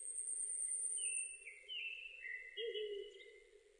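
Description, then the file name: Japanese thrush song: a series of clear whistled phrases, some sliding and drawn out, over a high insect-like hum that stops partway through and a low continuous drone. 7 May 2005. "050507 kurotugumi"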